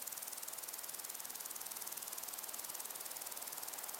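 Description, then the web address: High, rapid cricket chirps repeating in a regular rhythm over a faint hiss. Crickets with other insects, in long grass on a windy day. "beanstalk-audio Crickets and insects in windy long grass"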